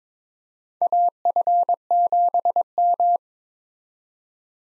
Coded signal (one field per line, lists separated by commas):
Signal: Morse code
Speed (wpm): 22 wpm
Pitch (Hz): 700 Hz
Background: none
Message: AF7M